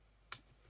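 With the collar pulled down, a steel hex screwdriver bit is pushed into a Rolson magnetic quick-change bit holder. A single sharp click sounds at 0.3 s above a quiet background as the bit snaps into place on the magnet, and it is seated.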